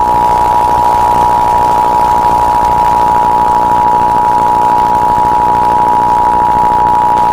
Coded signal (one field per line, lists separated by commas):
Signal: Emergency Alert System (SAME) tones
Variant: 853 and 960 Hz attention tone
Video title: AGirlJennifier EAS (Real)